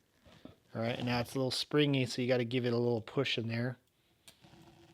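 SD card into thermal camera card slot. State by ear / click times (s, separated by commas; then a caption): seated / 4.3 s. An SD memory card is pushed into the spring-loaded card slot of a Vevor SC240M handheld thermal imaging camera. Someone talks from about 0.8 to 3.7 seconds, and then, after a pause, one short, sharp click sounds at 4.3 seconds as the card seats in place.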